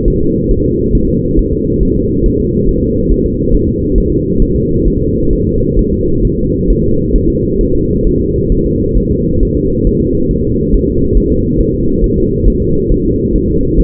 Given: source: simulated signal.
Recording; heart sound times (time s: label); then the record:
fetal heart sounds
0.08 s: S1
0.22 s: S2
0.51 s: S1
0.66 s: S2
0.95 s: S1
1.09 s: S2
1.39 s: S1
1.53 s: S2
1.83 s: S1
1.97 s: S2
2.26 s: S1
2.40 s: S2
2.69 s: S1
2.83 s: S2
3.12 s: S1
3.26 s: S2
3.54 s: S1
3.69 s: S2
3.98 s: S1
4.12 s: S2
4.42 s: S1
4.56 s: S2
4.88 s: S1
5.02 s: S2
5.33 s: S1
5.47 s: S2
5.79 s: S1
5.93 s: S2
6.25 s: S1
6.39 s: S2
6.70 s: S1
6.84 s: S2
7.16 s: S1
7.30 s: S2
7.61 s: S1
7.75 s: S2
8.07 s: S1
8.21 s: S2
8.52 s: S1
8.66 s: S2
8.97 s: S1
9.12 s: S2
9.43 s: S1
9.57 s: S2
9.87 s: S1
10.01 s: S2
10.31 s: S1
10.45 s: S2
10.74 s: S1
10.88 s: S2
11.17 s: S1
11.32 s: S2
11.60 s: S1
11.75 s: S2
12.04 s: S1
12.18 s: S2
12.48 s: S1
12.62 s: S2
12.92 s: S1
13.06 s: S2
13.36 s: S1
13.50 s: S2
13.80 s: S1
From the record:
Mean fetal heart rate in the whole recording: 135 bpm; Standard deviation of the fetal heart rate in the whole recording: 3 bpm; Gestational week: 36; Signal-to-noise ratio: -15.3 dB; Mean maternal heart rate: 72 bpm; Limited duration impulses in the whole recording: present